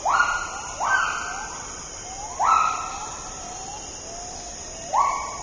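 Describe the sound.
Agile gibbon whooping calls: four loud hoots that rise steeply then hold level, spaced unevenly, with faint trailing notes between.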